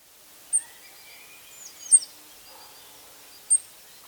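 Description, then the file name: European robin: three thin, very high calls spaced about one and a half seconds apart, with a short faint twitter in the middle. "Erithacus rubecula"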